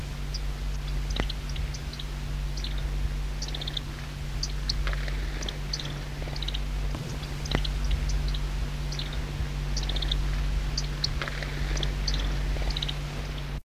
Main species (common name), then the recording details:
Yellowhammer. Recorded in the wild. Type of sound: call. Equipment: Halbspur, 9,5 cm/s. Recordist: Lütgens, Hans. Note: Wintertrupp